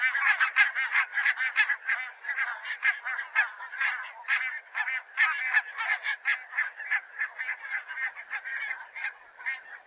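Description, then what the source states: Barnacle goose: barnacle geese calling as a flock, a dense overlapping stream of short, yapping, nasal honks with no pause throughout. Several barnacle geese.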